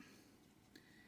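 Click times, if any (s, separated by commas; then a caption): 0.8 s. A replacement STN LCD display part is pressed into the watch module of a Casio G-Shock GW-M5610U / GW-5000U during installation. A single short, sharp click at 0.8 s rises above a low, steady background. The part clicks into place and is seated.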